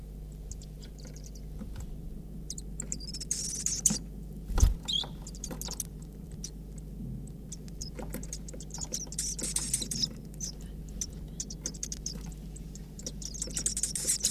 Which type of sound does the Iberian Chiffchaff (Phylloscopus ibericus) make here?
call